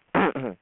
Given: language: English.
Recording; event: throat vibration sensor signal played as sound; throat clearing